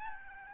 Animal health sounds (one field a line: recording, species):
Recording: mosquito wingbeat signal from an infrared sensor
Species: Aedes albopictus